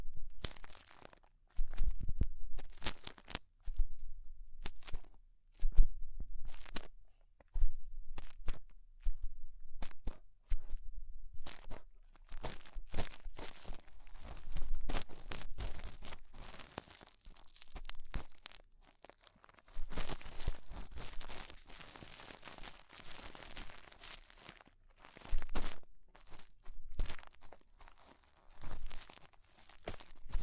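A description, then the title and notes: Ear cleaning sounds with rhinestone and clay removal: dense, irregular crinkling, scraping and crunchy tearing textures that come in short bursts and clusters. The bursts keep going with brief gaps throughout, growing thicker and brighter around the twenty-second mark, with low thumps underneath. ASMR Tingly Ear Cleaning Rhinestone & Clay Removal (No Talking).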